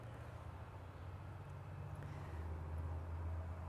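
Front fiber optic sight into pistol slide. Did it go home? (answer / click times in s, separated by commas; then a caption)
no / none. A red front fiber optic sight for a Smith & Wesson M&P Shield is slid into the pistol slide from the back and pushed in by hand. Only a steady low rumble is heard, growing slightly louder toward the end, with no sharp sounds. The sight has not clicked into place yet.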